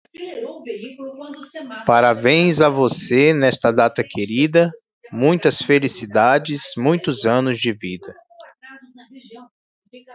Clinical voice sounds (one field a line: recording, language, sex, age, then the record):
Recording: short text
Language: Brazilian Portuguese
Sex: male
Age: 40 to 49 years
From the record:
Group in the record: control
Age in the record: 41 years